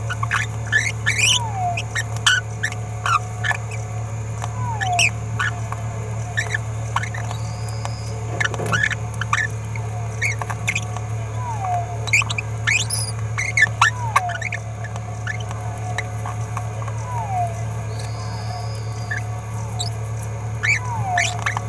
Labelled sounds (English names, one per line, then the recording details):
Green-rumped Parrotlet babbling
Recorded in a nest box in Venezuela
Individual 18B17A3